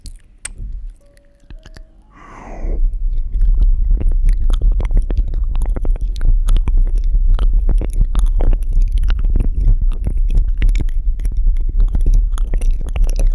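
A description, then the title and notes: Close, wet eating sounds right at the ear: dense, rapid crackles and smacks of chewing that start around the third second and continue steadily to the end. Before that, quieter scattered clicks and a brief rising squeak-like sweep near two seconds. ASMR Relaxing Ear Eating.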